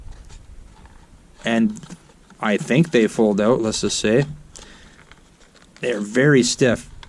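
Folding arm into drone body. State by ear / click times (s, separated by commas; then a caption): not seated / none. Someone talks while handling a Tophatter Smart Drone, a budget Mavic clone, forcing a very stiff folding plastic arm open against the drone body, with a few faint brief ticks between phrases. The arm has not locked into place yet; nothing has seated or clicked by the end of the clip.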